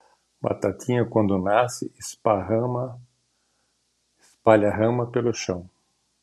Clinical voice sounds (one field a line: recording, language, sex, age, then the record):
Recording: short text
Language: Brazilian Portuguese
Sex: male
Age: 60 to 69 years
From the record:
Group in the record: control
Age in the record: 68 years